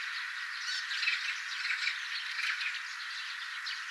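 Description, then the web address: Eurasian tree sparrows twittering together, a dense run of short chirps and tweets overlapping throughout, with a few sharper notes standing out. Several tree sparrows singing, recorded 25 September 2025. "paivat 25 9 2025 pikkuvarpuset laulavat"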